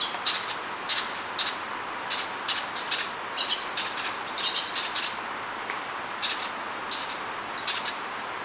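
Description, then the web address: Sepia-brown wren chatter: harsh, scratchy notes in irregular bursts, with thin high whistles slipping in between. Recorded in Ecuador. "Natures Songs S America Birds of Ecuador Sepia-brown Wren"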